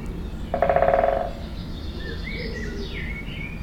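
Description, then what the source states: Woodpecker drumming: one rapid, even roll of knocks lasting under a second, then fading, with thin whistled calls from other birds in the background. Binaural recording.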